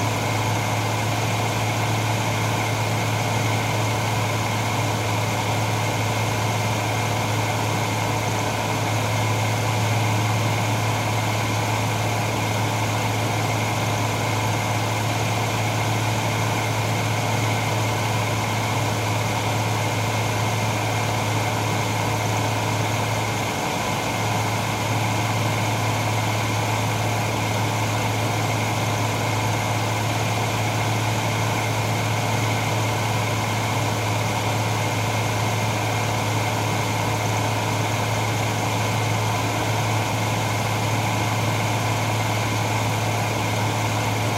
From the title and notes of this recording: In this episode, we bring you the peaceful sound of an SUV engine idling. The low and steady hum of the motor, the gentle revving of the engine.